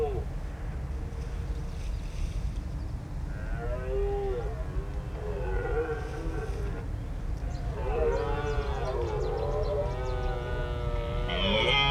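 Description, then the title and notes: Red deer bellowing in drawn-out, wavering harmonic roars, several bouts, over a constant low rumble of traffic and machinery. Stag bellowing during the rut in daytime at Marais de Lavours reserve, Béon, France, near roads and a large rail marshalling yard; stereo AB recording with Lom Usi Pro and Zoom F8. "Marais de Lavours -Béon, France - Brame diurne. Le brame du cerf est très précoce sur le site du Marais de Lavours et ceux-ci n'attendent que rarement la nuit pour commencer à parcourir le site et de s'y faire entendre."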